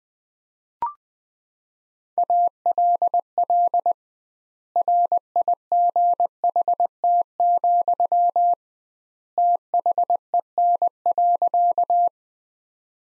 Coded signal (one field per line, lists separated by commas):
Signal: Morse code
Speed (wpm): 20 wpm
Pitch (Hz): 700 Hz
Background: none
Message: ALL RIGHT, THEN.